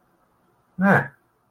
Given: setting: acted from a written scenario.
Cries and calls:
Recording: vocal sound without words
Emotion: contentment

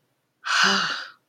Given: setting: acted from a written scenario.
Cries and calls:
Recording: vocal sound without words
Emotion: relief

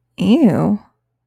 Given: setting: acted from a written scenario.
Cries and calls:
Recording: vocal sound without words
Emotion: disgust

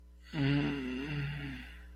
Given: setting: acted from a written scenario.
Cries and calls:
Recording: vocal sound without words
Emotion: ecstasy

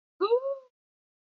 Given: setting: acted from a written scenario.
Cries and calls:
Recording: vocal sound without words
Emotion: negative surprise

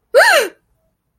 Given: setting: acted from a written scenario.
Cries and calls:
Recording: vocal sound without words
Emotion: negative surprise

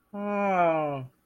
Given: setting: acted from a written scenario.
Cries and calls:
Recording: vocal sound without words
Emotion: disappointment

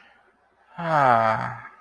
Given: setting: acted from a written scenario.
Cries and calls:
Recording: vocal sound without words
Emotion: serenity

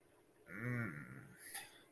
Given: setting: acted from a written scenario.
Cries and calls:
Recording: vocal sound without words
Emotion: guilt

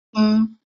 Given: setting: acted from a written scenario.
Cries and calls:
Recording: vocal sound without words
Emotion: neutral

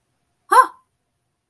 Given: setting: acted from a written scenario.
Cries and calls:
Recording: vocal sound without words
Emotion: positive surprise

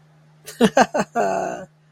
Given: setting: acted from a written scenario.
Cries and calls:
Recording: vocal sound without words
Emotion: amusement

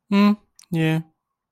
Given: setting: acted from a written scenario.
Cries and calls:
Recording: vocal sound without words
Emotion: neutral

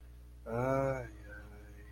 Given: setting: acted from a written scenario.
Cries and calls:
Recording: vocal sound without words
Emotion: sadness

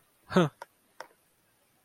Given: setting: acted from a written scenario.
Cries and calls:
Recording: vocal sound without words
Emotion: contempt

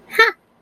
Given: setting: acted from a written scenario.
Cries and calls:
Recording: vocal sound without words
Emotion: positive surprise

